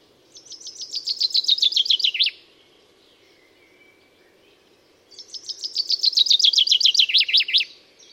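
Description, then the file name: Common chaffinch delivering two songs about three seconds apart, each a descending series of crisp notes closing with a short flourish. "Fringilla coelebs"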